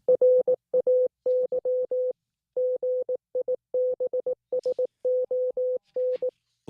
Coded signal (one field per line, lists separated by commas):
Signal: Morse code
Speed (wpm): 18 wpm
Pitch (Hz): 500 Hz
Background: music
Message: RAY GIBSON